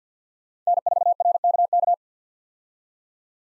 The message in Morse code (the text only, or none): N4RKK